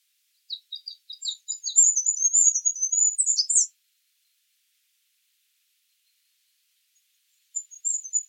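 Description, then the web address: Bird singing a run of very high, rapid chirps that build into dense twittering, fall silent for several seconds, then begin again briefly. "birddata Deverinetal 2025"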